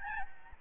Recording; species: mosquito wingbeat signal from an infrared sensor; Aedes albopictus